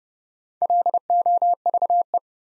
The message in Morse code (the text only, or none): LOVE